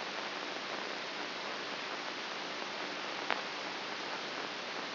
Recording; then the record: brain microelectrode recording played as sound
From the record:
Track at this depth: inside the subthalamic nucleus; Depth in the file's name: 3.24 mm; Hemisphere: right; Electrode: 2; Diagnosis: Parkinson's disease